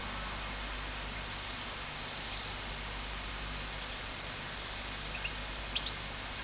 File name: Omocestus panteli